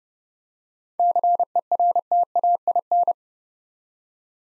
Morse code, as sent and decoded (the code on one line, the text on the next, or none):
-.-. . .-. - .- .. -.
CERTAIN